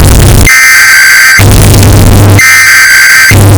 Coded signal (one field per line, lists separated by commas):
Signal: Emergency Alert System (SAME) tones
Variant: header bursts